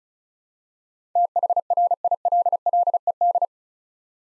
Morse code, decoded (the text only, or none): THRILLED